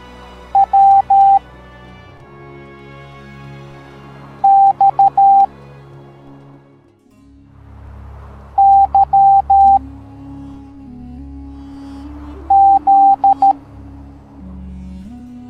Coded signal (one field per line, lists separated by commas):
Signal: Morse code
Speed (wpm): 13 wpm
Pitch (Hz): 790 Hz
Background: music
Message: W X Y Z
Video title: Kaonashi (No Face) Teaching the Morse Code Alphabet Educational Video for Kids